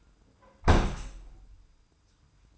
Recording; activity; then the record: daily activity, microphone in the room; close window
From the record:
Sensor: 2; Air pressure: 990.2 hPa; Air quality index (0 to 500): 205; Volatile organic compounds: 1000 ppm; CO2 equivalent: 6572 ppm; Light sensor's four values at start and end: 23/53/22/22 and 23/54/22/22